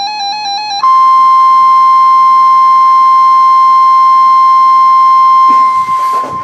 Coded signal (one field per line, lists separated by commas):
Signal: Emergency Alert System (SAME) tones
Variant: 1050 Hz attention tone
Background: music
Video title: Severe Thunderstorm Warning (EAS #1401-1402)